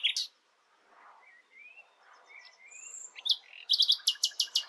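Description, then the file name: Common nightingale singing: a sharp opening note, soft rising whistles, then a fast run of loud, clipped repeated notes at the end. "Luscinia megarhynchos"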